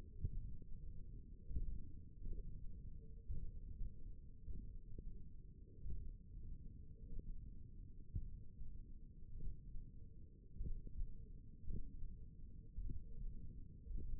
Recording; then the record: forearm muscle sounds (acoustic myography)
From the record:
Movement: tripod grip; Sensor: system 1, eight BSWA MPA416 microphones around the upper forearm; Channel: 1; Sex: female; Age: 21 years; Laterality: right